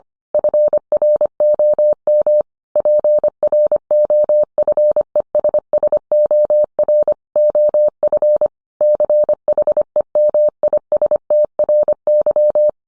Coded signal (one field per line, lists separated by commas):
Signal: Morse code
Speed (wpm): 25 wpm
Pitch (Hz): 600 Hz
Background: none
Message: FROM PROFESSOR OF CHEMISTRY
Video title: 20230730 Will the real inventor of Morse code please stand?